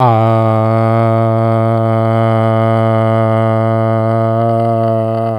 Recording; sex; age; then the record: sustained vowel /a/; male; 40 to 49 years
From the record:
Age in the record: 46 years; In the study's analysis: included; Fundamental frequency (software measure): 112 Hz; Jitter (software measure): 0.28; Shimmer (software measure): 0.88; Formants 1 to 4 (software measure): 661 Hz, 1251 Hz, 2074 Hz, 3095 Hz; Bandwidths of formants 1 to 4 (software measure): 101 Hz, 110 Hz, 133 Hz, 169 Hz